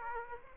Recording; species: mosquito wingbeat signal from an infrared sensor; Aedes aegypti